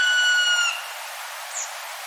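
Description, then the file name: Black Woodpecker call already underway at the start, a long steady note fading out, followed by a brief faint high sound and quiet hiss. "kumagera"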